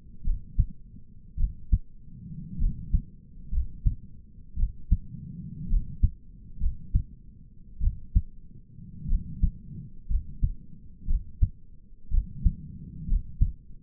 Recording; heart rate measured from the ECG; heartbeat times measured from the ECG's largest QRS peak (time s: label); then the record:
heart sounds by stethoscope; 56 bpm
0.25 s: heartbeat
1.39 s: heartbeat
2.60 s: heartbeat
3.53 s: heartbeat
4.58 s: heartbeat
5.70 s: heartbeat
6.61 s: heartbeat
7.82 s: heartbeat
9.09 s: heartbeat
10.10 s: heartbeat
11.08 s: heartbeat
12.12 s: heartbeat
13.09 s: heartbeat
From the record:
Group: healthy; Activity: rest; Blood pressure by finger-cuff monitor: 96/59 mmHg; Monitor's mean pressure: 72 mmHg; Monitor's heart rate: 58 bpm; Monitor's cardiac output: 5.3 L/min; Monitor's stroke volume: 98 mL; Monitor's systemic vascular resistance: 980 dyn s/cm5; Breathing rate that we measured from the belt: 18 breaths a minute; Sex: male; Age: 22 years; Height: 181 cm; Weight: 79 kg